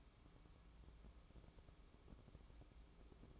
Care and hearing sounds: daily activity, microphone in the room; place on stove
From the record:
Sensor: 1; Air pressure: 1008.1 hPa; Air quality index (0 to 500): 132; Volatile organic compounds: 2 ppm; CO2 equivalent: 1111 ppm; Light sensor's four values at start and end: 8/19/8/8 and 8/19/8/8

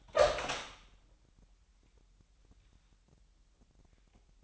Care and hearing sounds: daily activity, microphone in the room; open door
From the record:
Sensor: 3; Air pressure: 998.3 hPa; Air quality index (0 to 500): 143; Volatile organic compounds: 5 ppm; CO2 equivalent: 1712 ppm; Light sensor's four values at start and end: 16/45/18/17 and 16/45/18/17

